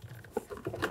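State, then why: Not seated. An Alpine PSS-22WRA tweeter for a 2011-2018 Jeep Wrangler JK sound system is handled and firmly pressed toward its dash mounting location, giving soft patter and brief handling taps around 0.4, 0.6, 0.7 and 0.8 seconds. Nothing has seated or clicked into place yet.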